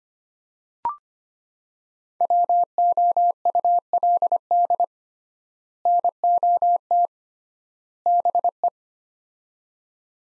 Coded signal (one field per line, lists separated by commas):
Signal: Morse code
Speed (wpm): 25 wpm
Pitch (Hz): 700 Hz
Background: none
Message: WOULD NOT BE